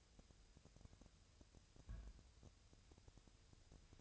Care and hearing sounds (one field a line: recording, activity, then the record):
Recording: daily activity, microphone in the room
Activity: place on stove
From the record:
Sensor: 2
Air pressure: 999.2 hPa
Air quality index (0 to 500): 196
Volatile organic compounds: 27 ppm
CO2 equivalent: 2889 ppm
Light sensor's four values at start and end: 6/15/6/6 and 6/15/6/6